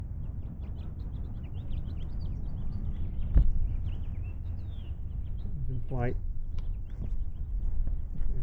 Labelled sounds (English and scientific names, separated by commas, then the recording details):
House Finch (Haemorhous mexicanus) song
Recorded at Lawrence on Long Island, New York, on 4 June 1975
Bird A